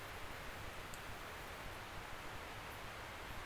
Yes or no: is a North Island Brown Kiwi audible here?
no